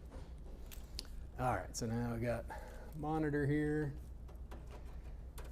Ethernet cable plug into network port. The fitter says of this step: Just make sure you got a click. You got a click, you're good.